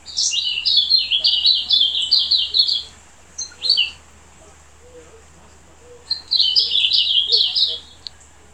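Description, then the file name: Silvereye gives a fast high warbling phrase, then a couple of sharp single notes, a quiet gap, and another busy twittering burst. Subspecies vegetus. "Zosterops Lateralis Vegetus"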